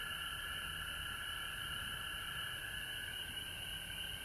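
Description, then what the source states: Frogs in full chorus: unbroken shrill high trilling layered over a lower, steady purring trill, with a thin background hiss. Recorded at home in Georgia on March 19, 2020.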